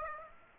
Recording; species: mosquito wingbeat signal from an infrared sensor; Aedes aegypti